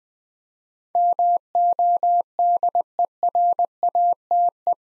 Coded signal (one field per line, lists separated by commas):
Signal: Morse code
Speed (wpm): 20 wpm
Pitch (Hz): 700 Hz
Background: none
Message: MODERATE